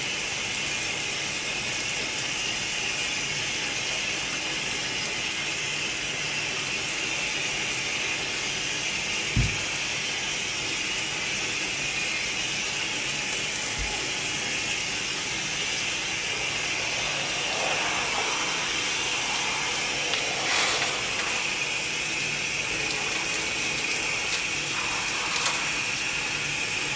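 A shower runs steadily, its spray a dense, even hiss that stays bright for the whole stretch. A couple of dull low thumps land around nine and fourteen seconds, and a brief clatter rises out of the water near twenty seconds.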